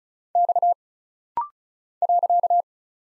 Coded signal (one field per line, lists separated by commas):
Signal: Morse code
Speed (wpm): 36 wpm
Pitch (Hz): 700 Hz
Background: none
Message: X .